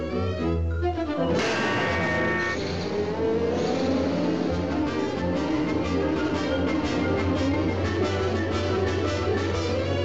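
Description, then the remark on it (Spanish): A bus drives through a forest toward the countryside, its engine droning in a steady low rumble that swells and shifts pitch as it picks up speed, with no voices over it. “De autobús. Este va a casa de abuelita pasando por el bosque.”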